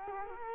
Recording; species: mosquito wingbeat signal from an infrared sensor; Culex quinquefasciatus